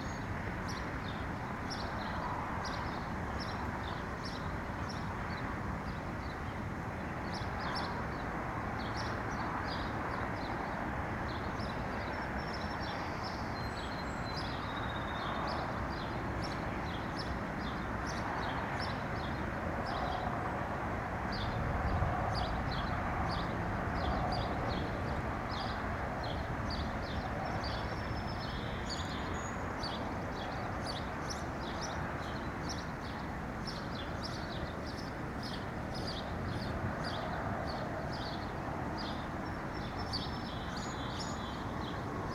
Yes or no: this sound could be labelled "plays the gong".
no